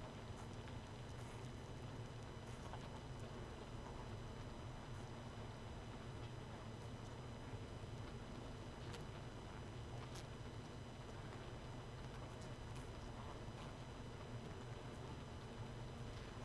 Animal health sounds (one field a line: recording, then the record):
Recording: honeybee colony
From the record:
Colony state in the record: missing queen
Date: 31 May 2018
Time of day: 1:44